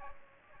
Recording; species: mosquito wingbeat signal from an infrared sensor; Aedes aegypti